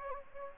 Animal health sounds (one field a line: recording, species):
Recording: mosquito wingbeat signal from an infrared sensor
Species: Anopheles gambiae